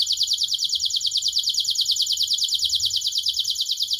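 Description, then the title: Atlantic canary song: one fast, steady, high trill rolling on without a break for the whole stretch. No other sounds stand out. Kenari described as gacor (actively singing), with the best cengkok (song phrasing) and the most lavish isian (fill-in song); kicaumania songbird hobby context. "Kenari Gacor Cengkok Terbaik Isian Paling Mewah Kenarigacor Kicaumania Kenari"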